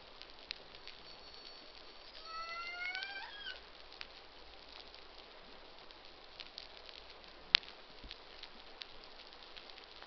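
Humpback whale social sound: one rising, harmonic whoop early on, followed by crackling and scattered clicks with a sharp snap later.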